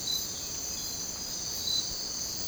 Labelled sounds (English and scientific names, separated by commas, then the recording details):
none
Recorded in dense forest near Puerto Asís, Putumayo, Colombia, on 22 December 2024 at 03:30
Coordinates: 0.466, -76.327
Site G075